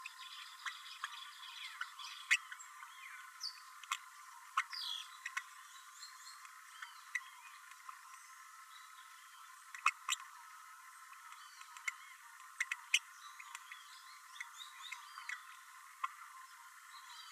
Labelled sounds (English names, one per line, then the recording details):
Green-rumped Parrotlet babbling
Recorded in a nest box in Venezuela
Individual 18B12A3